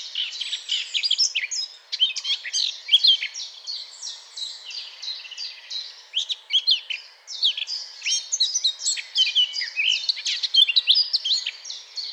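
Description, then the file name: Eurasian blackcap warbling steadily, a dense stream of quick high twitters and scratchy notes with occasional brief pauses. "Sylvia atricapilla"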